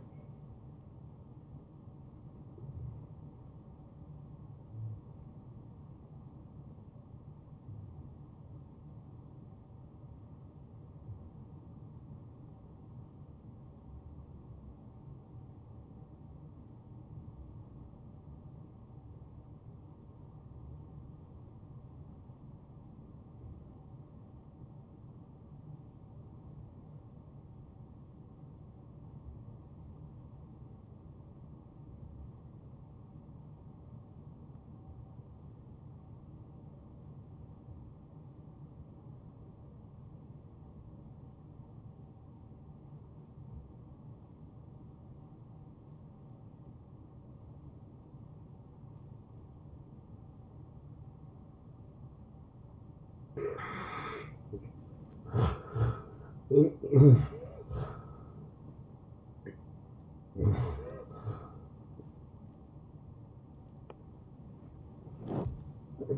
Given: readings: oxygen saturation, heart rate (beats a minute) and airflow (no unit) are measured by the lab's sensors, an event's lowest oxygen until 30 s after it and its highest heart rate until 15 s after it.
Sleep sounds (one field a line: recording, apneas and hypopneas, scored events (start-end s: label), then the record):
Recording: breathing in sleep by a smartphone at the bedside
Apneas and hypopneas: 1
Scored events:
6.00-54.30 s: hypopnea (N1, oxygen 94% highest, then 78% lowest, heart rate 80 at the start, 89 highest)
From the record:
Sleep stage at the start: N1 (lightest sleep)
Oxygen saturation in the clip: 80 to 94%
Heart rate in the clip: 72 to 89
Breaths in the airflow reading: 13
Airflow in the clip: -21.2 to 9.3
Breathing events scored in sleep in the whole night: 263 in 5.5 hours asleep